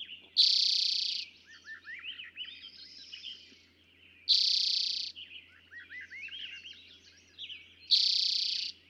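Eastern towhee giving a strong buzzy trill three times at intervals of about four seconds, with twittering and chirps from other birds between.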